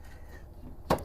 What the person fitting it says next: and it locks into place.